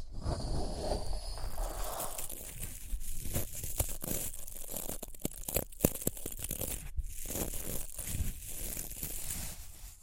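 Rhinestones are tapped, scratched and brushed in a dense, uneven texture of crisp rustling and crinkling. Short sharp clicks and scrapes come every second or so, with brighter bursts around five to seven seconds, over a soft, low rumble throughout.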